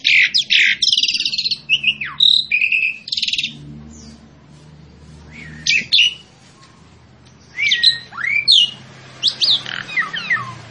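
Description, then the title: Asian pied starling song: bursts of loud chattering, buzzy notes and slurred whistles, several rising and falling, separated by short pauses, with a low hum underneath. Master recording for training captive birds. "Masteran Ampuh Jalak Suren"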